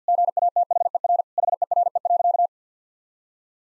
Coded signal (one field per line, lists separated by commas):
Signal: Morse code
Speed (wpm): 50 wpm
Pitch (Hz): 700 Hz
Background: none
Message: GATHER HERE.